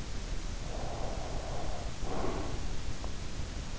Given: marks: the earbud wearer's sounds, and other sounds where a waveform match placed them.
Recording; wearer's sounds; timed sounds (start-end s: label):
sounds in sleep by an in-ear microphone; breath
0.61-3.00 s: breath